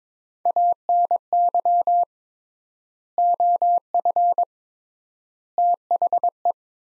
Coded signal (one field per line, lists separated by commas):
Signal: Morse code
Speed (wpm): 22 wpm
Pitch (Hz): 700 Hz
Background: none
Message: ANY OF THE